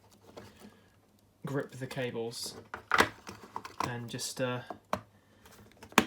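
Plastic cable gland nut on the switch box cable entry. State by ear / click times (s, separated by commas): seated / 6.0 s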